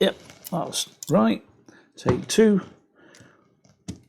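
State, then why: Seated. A module card is pushed into a backplane's header socket on a second attempt while someone talks. After a few faint ticks, it seats with a sharp, satisfying click at 3.9 s.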